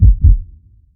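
A single lub-dub: two deep, low thumps about a quarter second apart, fading into quiet. A double heartbeat sound effect.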